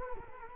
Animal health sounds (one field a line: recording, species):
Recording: mosquito wingbeat signal from an infrared sensor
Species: Culex quinquefasciatus